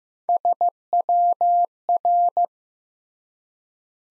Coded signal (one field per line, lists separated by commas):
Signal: Morse code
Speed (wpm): 15 wpm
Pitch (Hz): 700 Hz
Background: none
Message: SWR